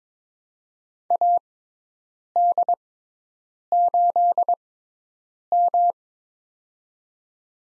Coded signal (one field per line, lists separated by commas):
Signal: Morse code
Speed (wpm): 22 wpm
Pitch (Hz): 700 Hz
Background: none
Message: AD8M